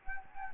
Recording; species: mosquito wingbeat signal from an infrared sensor; Anopheles gambiae